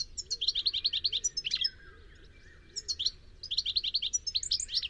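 Bird song: two bursts of rapid, bright repeated notes with a brief pause between, plus soft lower slurred notes in the gap.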